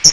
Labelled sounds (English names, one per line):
Hooded Warbler flight call